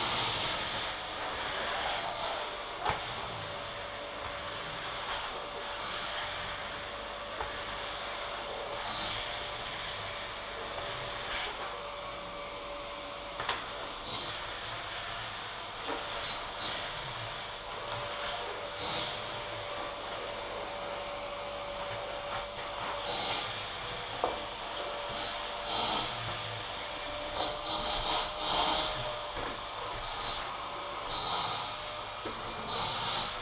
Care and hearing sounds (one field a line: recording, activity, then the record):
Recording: daily activity, microphone in the room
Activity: vacuum cleaning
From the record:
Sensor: 5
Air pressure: 992.0 hPa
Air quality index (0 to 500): 175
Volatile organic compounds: 621 ppm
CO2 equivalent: 4959 ppm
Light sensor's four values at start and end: 27/93/35/36 and 29/101/37/39